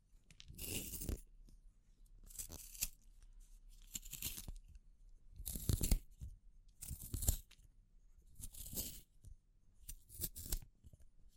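Wood, bamboo and straw are handled in a run of separate rustling, crackling bursts, roughly one every one to two seconds. Each burst is dry and bright, with scratchy, snipping textures and a few sharp clicks, separated by near silence.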